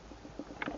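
The locking lever on a harness connector, plugged into the original connector of an Audi A5 B8 MMI 3G Plus during a wireless CarPlay/Android Auto install, is swung closed right after the plug is pressed fully in. Several small clicks are heard, ending in a sharper latch click at 0.6 s as the lever locks and the connector is seated.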